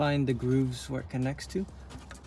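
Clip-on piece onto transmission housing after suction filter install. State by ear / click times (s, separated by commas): not seated / none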